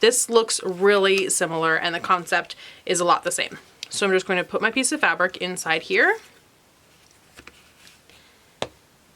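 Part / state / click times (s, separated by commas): fabric and plastic insert pressed into a heart yo-yo maker frame / seated / 8.6 s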